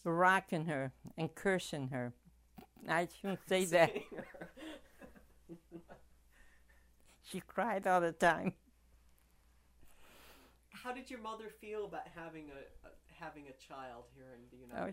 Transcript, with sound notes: Rocking her, and cursing her. I shouldn't say that. ( they laugh ) She cried all the time.
How did your mother feel about having a, having a child here in the United States?